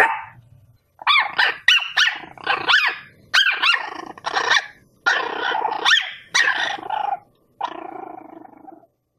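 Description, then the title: Dog barks in a fast, excited series of harsh, noisy yaps, some drawn out and rough like a growl, ending in a longer lower bark. Compilation of the best dog barks, presented as very funny. "Los mejores LADRIDOS DE PERROS 🐶 Perros LADRANDO"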